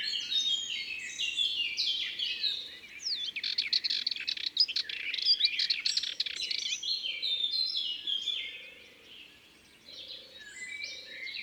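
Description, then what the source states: Sardinian warbler song, a long stream of dry rattles and high chirps, densest midway, with a brief lull near the end. Recorded in Ardèche, France.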